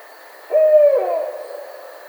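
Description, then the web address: Barred owl with a single drawn-out hoot, steady in pitch, then bending down and fading gradually over about a second. Recorded 10 May 2009. "Barred Owl 2009 05 10"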